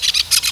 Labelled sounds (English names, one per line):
Brown-throated Parakeet contact call